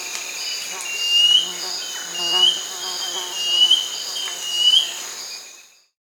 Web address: S America Birds of the Amazon 3. Cinereous Mourner (Laniocera hypopyrra), Peru